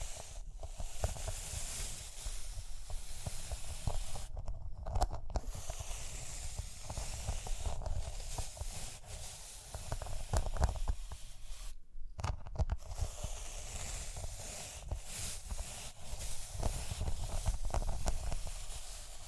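Rhinestones being tapped, scratched and brushed make a dense, continuous rustle with a bright hissing top and soft low thumps throughout. Short crisp taps and scrapes crowd together, with brief near-silent gaps around 4.5 and 12 seconds before the brushing resumes.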